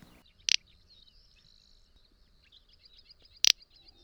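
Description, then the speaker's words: Little Bustard calls: two brief, dry, snorting bursts about three seconds apart, over a steady high insect-like buzz. Recorded by Sononatura. "Le cri de l'outarde canepetière que vous venez d'écouter a été enregistré par Sononatura et est hébergé sur xeno-canto.org."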